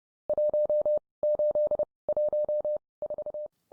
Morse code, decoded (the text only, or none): 1814